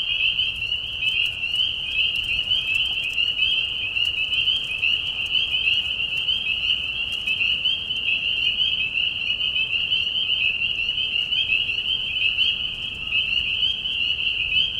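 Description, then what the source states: Continuous spring peeper chorus of overlapping high whistles, even and unbroken, with occasional faint clicks. Mating call chorus in a marsh at night during a short spring season, Tiny Marsh Conservation Area, Tiny, Ontario; high whistles at low volume.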